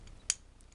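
The plastic flame gimbal of a Li-Lo virtual flame LED candle is clipped back into its flimsy plastic pivot mounts, with one sharp, loud snap at 0.3 s and a few faint ticks around it. The gimbal seats without breaking; the part only made a noise like it was snapping.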